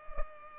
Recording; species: mosquito wingbeat signal from an infrared sensor; Culex pipiens